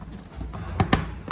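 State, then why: Not seated. An HP Victus laptop's plastic bottom cover is pressed onto the chassis clips, giving sharp short snaps at about 0.8, 0.9 and 1.3 seconds over a low background rumble. The cover does not seat, and nothing has clicked into place yet.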